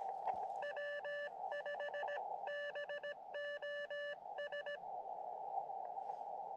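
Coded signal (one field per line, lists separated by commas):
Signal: Morse code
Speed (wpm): 17 wpm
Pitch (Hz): 1750 Hz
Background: radio noise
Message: W5BOS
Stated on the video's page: Morse from SOTA summit activations in New Mexico.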